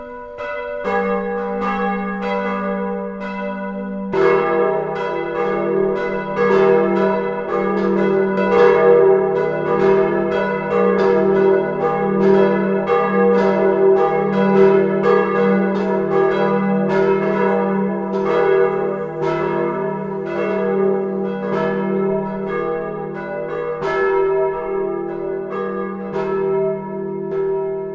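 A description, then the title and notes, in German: The bells of the Zionskirche ring in a steady, continuous peal, with strokes falling roughly every half second across the whole clip. Each strike blooms into a long, humming ring that overlaps the next, building a dense wash of tones. A deeper bell joins just after four seconds. Die Glocken der Zionskirche.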